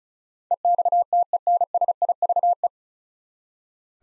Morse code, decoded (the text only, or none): EXTENSIVE